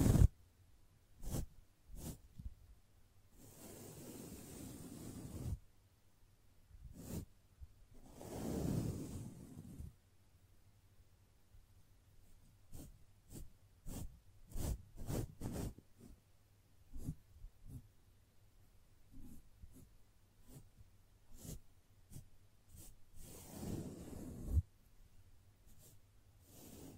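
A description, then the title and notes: Soft brushing sounds come in short, crisp strokes that tick and swish at irregular intervals, with longer, fuller sweeps around 4, 9 and 24 seconds. Quiet gaps separate many strokes, and a faint low hum runs underneath throughout. ASMR Gently Brushing Your Brain (No Talking).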